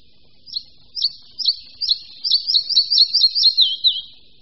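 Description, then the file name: Red-breasted flycatcher calling, a run of high chirpy notes that speeds up into a rapid, slightly descending trill near the end. "Lejsek-malý"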